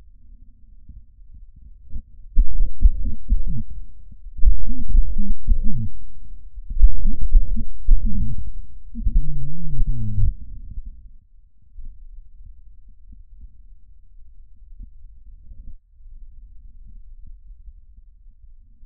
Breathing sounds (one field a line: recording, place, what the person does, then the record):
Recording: lung sounds by stethoscope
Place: trachea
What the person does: quiet breathing, then cough and speech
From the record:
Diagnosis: COPD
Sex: male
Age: 78 years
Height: 162 cm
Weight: 66.4 kg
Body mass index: 25.3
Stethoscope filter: bell mode